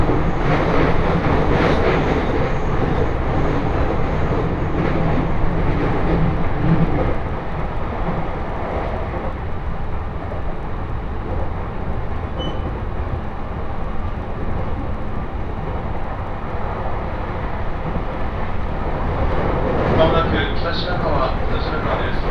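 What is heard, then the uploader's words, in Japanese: A train ride on the Tohoku Main Line, with a steady, dense rumble of the carriage filling the whole stretch. The low roar eases slightly after about seven seconds, and faint voices and brighter rattles come through near the twenty-second mark. 鉄道旅 東北本線 福島→北白川。列車はこの途中で福島県から宮城県へと入っていきます。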